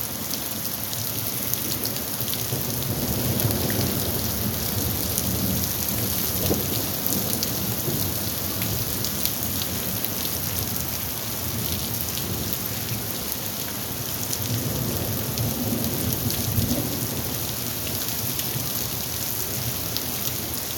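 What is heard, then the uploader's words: Heavy rain pours steadily and densely, a bright constant hiss with low rumbling underneath that swells slightly around the middle and near the end. Heavy raining.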